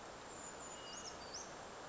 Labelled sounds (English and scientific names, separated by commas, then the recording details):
Brown Creeper (Certhia americana)
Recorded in Sonoma County, California